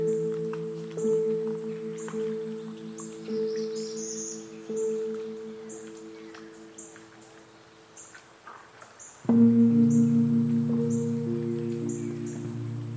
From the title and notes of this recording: Corkscrew Swamp Sanctuary, just outside of Naples Florida. This is the Lettuce Lakes area, the beating heart of the ancient bald cypress grove. The Corkscrew Swamp Sanctuary boardwalk leads visitors through a gentle and pristine wetland wilderness.